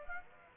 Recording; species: mosquito wingbeat signal from an infrared sensor; Aedes aegypti